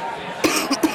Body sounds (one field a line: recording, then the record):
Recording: coughing mixed with background sound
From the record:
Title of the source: 31 night wet cough